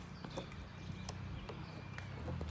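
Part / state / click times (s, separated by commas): third brake light housing into the car's rear hatch/spoiler mount / not seated / none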